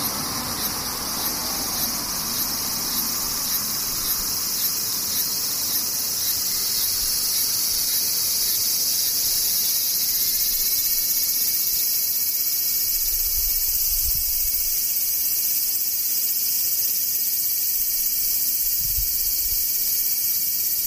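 Cicadas buzz without a break, a dense, bright, shimmering drone that holds the same level for the whole stretch. A rapid pulsing ticks along at the very top early on, and from about ten seconds steady high tones join in. Brief low rumbles pass around 13 and 19 seconds.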